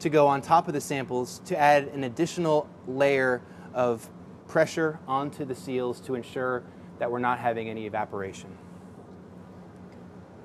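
A man talks over a steady low hum while a compression pad is placed on top of a sealed sample plate in an 8800 SureCycler thermal cycler, adding pressure on the seals to prevent evaporation. The thermal cycler lid is being handled to close over the plate, but nothing has seated or clicked yet; the talk ends around 8.4 s and only the hum continues.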